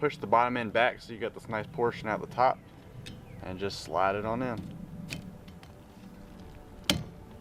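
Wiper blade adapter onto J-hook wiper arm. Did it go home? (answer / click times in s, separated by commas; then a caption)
yes / 6.9 s. A Rain-X Latitude wiper blade adapter is slid onto the large J-hook wiper arm of a 2014 Nissan Versa and pulled back until it snaps in. Someone talks, then a few faint taps follow before a sharp click at 6.9 s. The blade is seated on the arm and holds when pull-tested.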